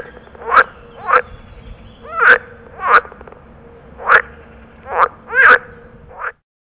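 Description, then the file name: Water frog territorial call, a series of eight clipped croaks at uneven intervals, then silence at the end. "groene kikker territoriumroep"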